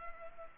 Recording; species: mosquito wingbeat signal from an infrared sensor; Culex pipiens